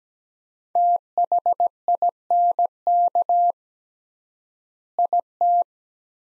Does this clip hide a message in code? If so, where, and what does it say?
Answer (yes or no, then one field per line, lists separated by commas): yes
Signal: Morse code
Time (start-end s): 0.8-5.6 s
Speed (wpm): 17 wpm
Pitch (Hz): 700 Hz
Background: none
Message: THINK IT